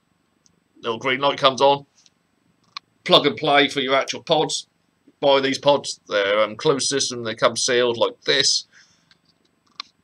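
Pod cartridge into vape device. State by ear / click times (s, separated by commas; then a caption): seated / 9.8 s. A sealed plastic pod is slipped into a closed-system vape device while someone talks, and a few small taps and clicks sound in the quiet gaps. The pod clicks home at 9.8 seconds with a sharp, loud click, and it is seated.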